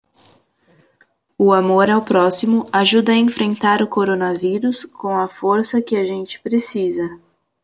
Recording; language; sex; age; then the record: spoken sentence; Brazilian Portuguese; female; 20 to 29 years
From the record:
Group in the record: control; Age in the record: 25 years